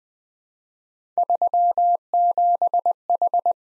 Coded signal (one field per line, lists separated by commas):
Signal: Morse code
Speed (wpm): 20 wpm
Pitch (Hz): 700 Hz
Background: none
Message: 37H